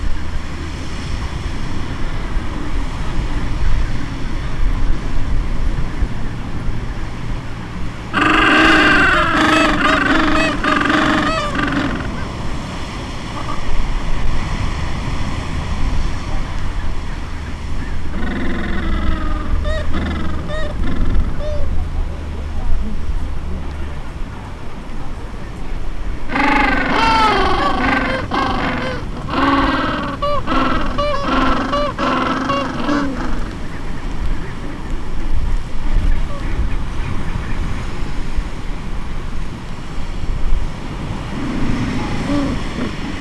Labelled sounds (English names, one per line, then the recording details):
Gentoo Penguin
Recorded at the colony at Fort Point, Antarctica, on 25 December 2014
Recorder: Song Meter SM2+